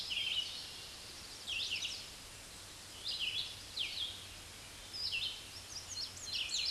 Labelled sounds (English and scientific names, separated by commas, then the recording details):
Red-eyed Vireo (Vireo olivaceus) song
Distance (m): 25 m
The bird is about 20 m above the microphone
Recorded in a Pennsylvania forest on 16 May 2024 at 06:42
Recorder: AudioMoth, point MSD-2201
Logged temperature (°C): 15.5 °C
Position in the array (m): 165 m, 73 m